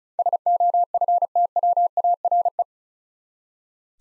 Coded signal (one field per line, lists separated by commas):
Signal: Morse code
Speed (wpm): 36 wpm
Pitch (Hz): 700 Hz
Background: none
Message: SOFTWARE